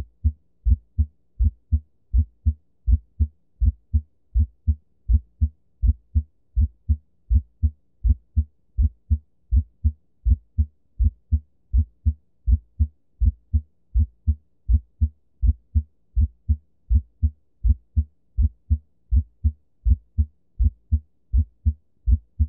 Split S1 Heart Sound. The M1 sound occurs slightly before T1. A split S1 sound is common in the setting of a right bundle branch block or ventricular tachycardia/premature ventricular contractions, or PVCs.